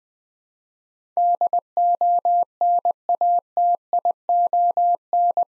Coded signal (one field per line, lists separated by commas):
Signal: Morse code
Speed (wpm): 20 wpm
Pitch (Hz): 700 Hz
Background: none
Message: DONATION